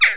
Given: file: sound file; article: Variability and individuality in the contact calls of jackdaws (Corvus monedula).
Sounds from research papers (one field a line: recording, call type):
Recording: jackdaw call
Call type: harmonic